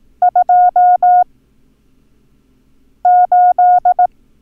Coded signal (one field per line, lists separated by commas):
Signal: Morse code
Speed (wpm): 18 wpm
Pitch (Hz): 720 Hz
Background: none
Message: 28